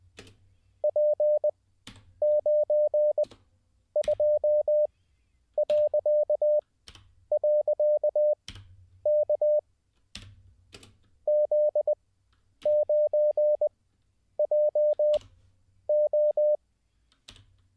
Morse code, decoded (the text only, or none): P92..K Z9JO